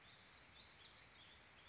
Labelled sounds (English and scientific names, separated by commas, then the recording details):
Warbling Vireo (Vireo gilvus)
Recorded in Sonoma County, California